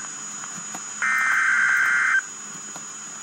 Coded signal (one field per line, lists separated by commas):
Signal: Emergency Alert System (SAME) tones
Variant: header bursts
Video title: REAL EAS 737-Tornado warning